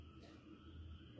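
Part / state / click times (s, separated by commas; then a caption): LVDS cable connector into TV motherboard socket / not seated / none. A technician pushes the LVDS ribbon cable connector into its socket on a Sony 43-inch LED TV motherboard, but it fails to lock because of a loose contact problem in the connector. Only a steady low hum with faint high hiss is heard, with no sudden sounds. Nothing has clicked or locked in place yet.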